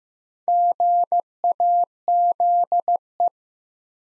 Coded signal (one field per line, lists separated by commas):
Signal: Morse code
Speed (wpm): 15 wpm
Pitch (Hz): 700 Hz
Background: none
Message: GAZE